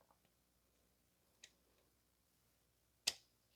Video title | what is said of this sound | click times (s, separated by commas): 2010 Toyota Corolla 1.8 - Clutch Replacement - Part 3 - Installation -Shifter Control Cable Bushings | can hear it click in and you can see that it turns after that | 3.1 s